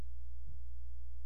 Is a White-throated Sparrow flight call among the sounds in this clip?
no